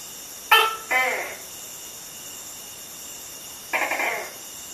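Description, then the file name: Tokay gecko mating call: two harsh, nasal barking notes in quick succession, then a longer croaking note about three seconds later, over a steady faint hiss. Male Tokay gecko giving its mating call. "Mating call of a male Tokay gecko (Gekko gecko)"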